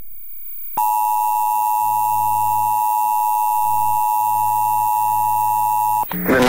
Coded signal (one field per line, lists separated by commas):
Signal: Emergency Alert System (SAME) tones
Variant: 853 and 960 Hz attention tone